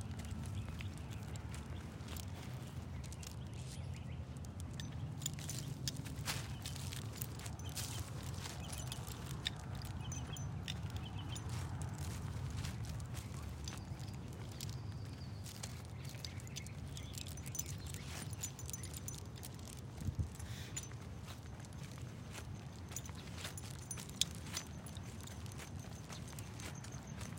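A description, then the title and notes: A nighttime walk with a dog through a quiet neighborhood, with a steady low rumble of traffic underneath. Short clicks and jingling rattles, like the dog's harness shaking, come often throughout. Near 20 and 24 seconds, sharper knocks stand out from the even background. Walking the dog at night through my neighborhood in Phoenix Arizona. Join me and my dog on a cool evening walk around our neighborhood. You’ll hear her shaking her harness every now and then.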